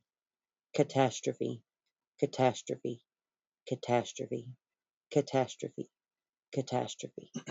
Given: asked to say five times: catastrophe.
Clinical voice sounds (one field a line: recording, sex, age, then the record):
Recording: repeated word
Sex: female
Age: 30 to 39 years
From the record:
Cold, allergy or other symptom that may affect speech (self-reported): no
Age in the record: 32 years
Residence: United States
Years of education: 16